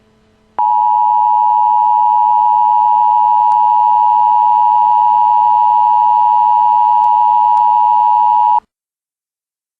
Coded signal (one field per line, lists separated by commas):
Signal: Emergency Alert System (SAME) tones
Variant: 853 and 960 Hz attention tone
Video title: Assassination of Harambe (Rare Emergency Alert Footage)